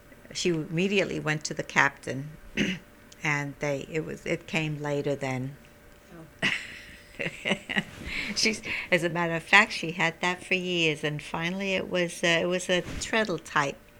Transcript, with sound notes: she immediately went to the captain and they, it came later, then. ( she laughs ) She, as a matter of fact, she had that for years. And finally it was, it was a treadle type,